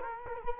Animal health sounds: mosquito wingbeat signal from an infrared sensor; Culex quinquefasciatus

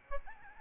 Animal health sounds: mosquito wingbeat signal from an infrared sensor; Aedes albopictus

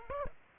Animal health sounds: mosquito wingbeat signal from an infrared sensor; Aedes aegypti

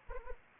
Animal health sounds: mosquito wingbeat signal from an infrared sensor; Anopheles arabiensis

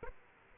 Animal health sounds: mosquito wingbeat signal from an infrared sensor; Aedes aegypti

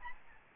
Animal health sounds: mosquito wingbeat signal from an infrared sensor; Aedes albopictus

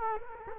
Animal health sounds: mosquito wingbeat signal from an infrared sensor; Culex quinquefasciatus

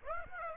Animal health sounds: mosquito wingbeat signal from an infrared sensor; Aedes aegypti

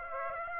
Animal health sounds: mosquito wingbeat signal from an infrared sensor; Aedes aegypti

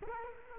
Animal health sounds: mosquito wingbeat signal from an infrared sensor; Culex quinquefasciatus

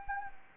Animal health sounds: mosquito wingbeat signal from an infrared sensor; Anopheles gambiae

